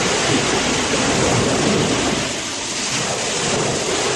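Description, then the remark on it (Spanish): Ocean waves breaking in a steady, dense roar of white noise that eases slightly midway before swelling again, with no voices present. “El romper de las olas.”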